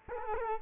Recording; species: mosquito wingbeat signal from an infrared sensor; Culex quinquefasciatus